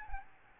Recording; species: mosquito wingbeat signal from an infrared sensor; Aedes albopictus